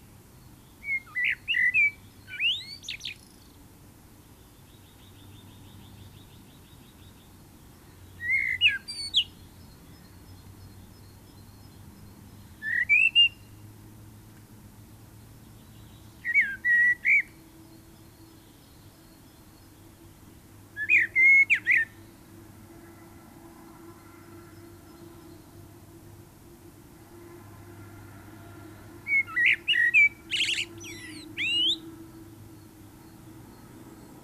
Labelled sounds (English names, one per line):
Common Blackbird song